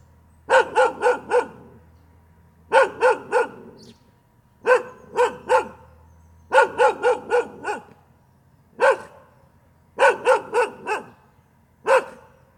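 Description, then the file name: Dog barking in bursts of one to five sharp barks, repeated every couple of seconds over a faint steady hum. Alarm ringtone. "bao thuc cho sua"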